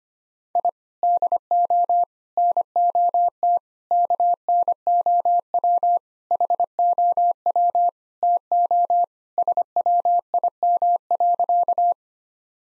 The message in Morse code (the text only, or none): I DO NOT KNOW HOW TO SWIM.